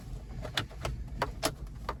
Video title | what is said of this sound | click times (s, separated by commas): Idlestopper v2 - Acura RDX 2019-2026 Idle stop OFF permanently! | So now that we have that popped into place, we can put our AC control panel back on. | 0.6 s, 1.2 s